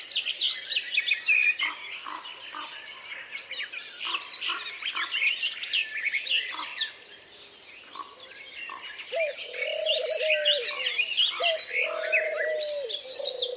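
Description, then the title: Birds: dense bird chorus of rapid high chirps and trills, quieter in the middle, then two long low level notes near the end. Many birds singing together in a forest. "Звуки птиц в лесу. pleasant carefree many-voiced singing of birds in the forest"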